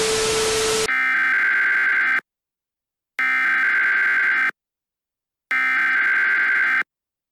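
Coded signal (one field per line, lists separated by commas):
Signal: Emergency Alert System (SAME) tones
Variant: header bursts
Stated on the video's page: Fictional EAS scenario alert, recorded in a game made for the recording.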